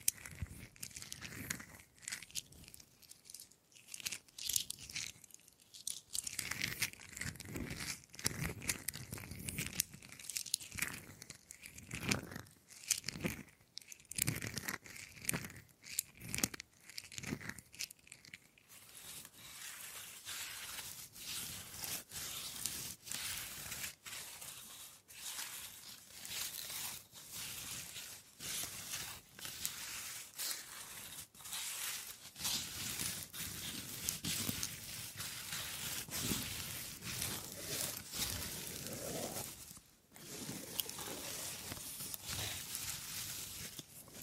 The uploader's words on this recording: ASMR Simply Relaxing Wood Triggers for Sleep New Mic Test Tascam Portacapture X8 (No Talking).